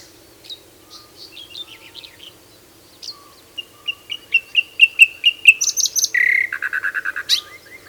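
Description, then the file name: Common nightingale song: soft scattered notes build into a crescendo of repeated whistles, then a fast buzzy rattle with high ringing notes. "Luscinia megarhynchos"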